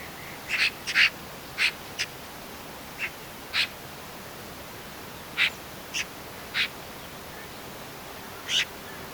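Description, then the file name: Eurasian magpie giving harsh, rasping single calls at irregular intervals, with some longer gaps, against quiet background hiss. "Pica pica"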